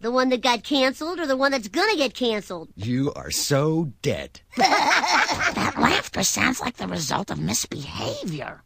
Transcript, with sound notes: The one that got canceled or the one that's gonna get canceled?" "You are so dead." (Bart and friend Milhouse laugh) "That laughter sounds like the result of misbehavior.